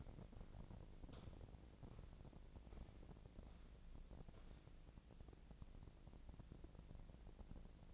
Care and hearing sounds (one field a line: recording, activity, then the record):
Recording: daily activity, microphone in the room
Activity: walk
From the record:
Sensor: 5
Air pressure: 1012.3 hPa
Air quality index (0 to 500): 155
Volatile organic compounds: 2 ppm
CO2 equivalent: 1062 ppm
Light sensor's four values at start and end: 329/792/338/380 and 324/778/332/371